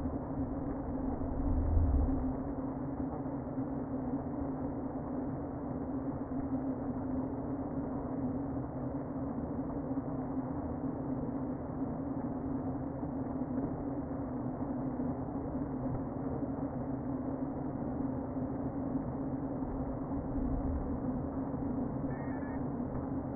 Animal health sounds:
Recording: honeybee colony, microphone inside the hive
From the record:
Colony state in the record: queen present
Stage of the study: before two queens were removed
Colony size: about 60,000 bees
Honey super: yes

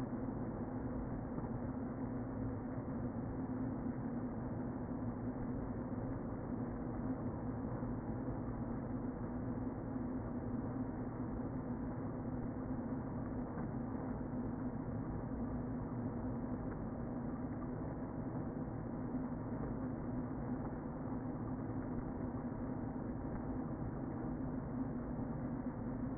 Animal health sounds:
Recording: honeybee colony, microphone inside the hive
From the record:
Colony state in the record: queen present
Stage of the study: before two queens were removed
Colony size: about 60,000 bees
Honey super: yes

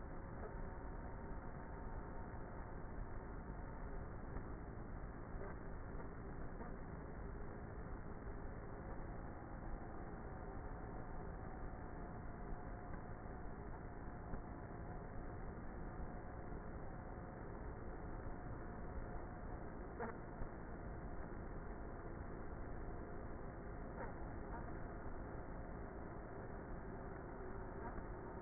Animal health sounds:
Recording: honeybee colony, microphone inside the hive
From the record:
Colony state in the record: queenless with a low population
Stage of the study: before two queens were removed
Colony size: about 30,000 bees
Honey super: no

